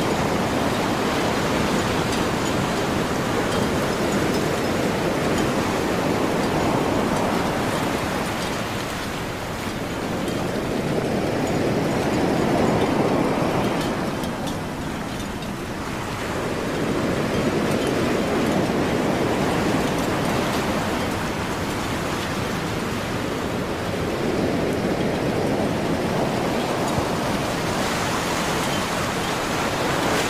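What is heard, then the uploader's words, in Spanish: Ocean waves wash in a continuous dense roar, swelling and easing in slow surges, with quieter troughs near nine and fifteen seconds. Sonidos Relajantes de la Playa.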